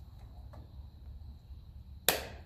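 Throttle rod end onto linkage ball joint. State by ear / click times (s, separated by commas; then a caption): seated / 2.1 s. A throttle rod end is pushed onto its linkage ball joint on a 1954 Ferguson TEF 20 diesel tractor, with a few faint fumbling taps over a low, steady background. A sharp, loud click at 2.1 s rings out briefly as the joint seats onto the ball.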